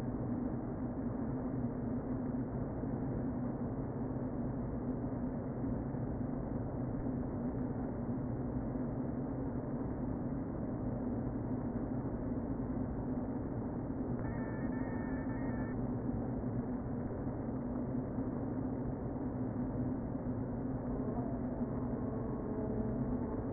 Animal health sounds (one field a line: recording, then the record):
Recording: honeybee colony, microphone inside the hive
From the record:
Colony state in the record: queen present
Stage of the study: before two queens were removed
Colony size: about 60,000 bees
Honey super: yes